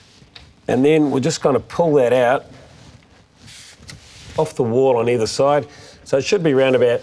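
The bottom locking mechanism on a shower enclosure's outside channel, held on a wall bracket, is released so the channel can be pulled away from the wall and aligned parallel with the shower tray. A sharp click at 0.4 s marks the latch letting go, followed by fainter knocks near 3.0 s and 3.9 s while someone talks. The locking mechanism is released.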